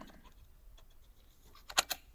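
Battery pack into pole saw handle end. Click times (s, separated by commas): 1.8 s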